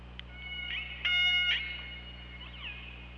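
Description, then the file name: Killer whale calls: a few harmonic, tonal pulsed calls with stacked bands, one long steady call in the middle and a falling, bending call near the end, over low steady hum. Recorded on an OrcaLab hydrophone on 24 August 2017, around 21:24. "Orca Lab UTLN JASON 20170824 212432"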